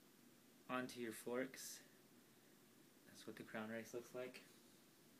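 A metal headset crown race is being handled at a scooter fork, about to be slid down the fork steerer. Someone talks throughout, with no distinct impact sounds. Nothing has seated or clicked yet.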